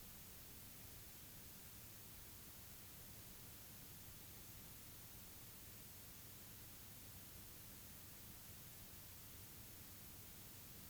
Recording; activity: daily activity, guitar pickup as the sensor; lie down